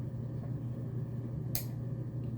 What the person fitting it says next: There's the click.